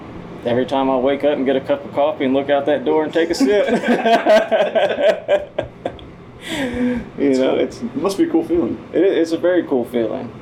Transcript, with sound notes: Every time I wake up and get a cup of coffee and look out that door and take a sip. (laughs)
It must be a cool feeling.
It is a very cool feeling.